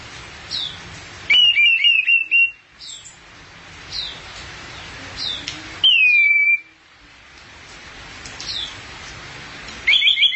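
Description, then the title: Thrush delivering stuttering trills and one loud downslurred whistle, in bursts every few seconds. "burung anis x"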